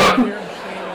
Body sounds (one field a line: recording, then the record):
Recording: coughing mixed with background sound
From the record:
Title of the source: Barking cough - # 10